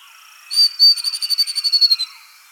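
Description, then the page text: Grey-throated babbler song: a thin high steady note leads into a fast trill of clear, high, pulsed notes with a strong opening note, ending abruptly after roughly one and a half seconds. "Grey-Throated Babbler Song. Quick Sounds"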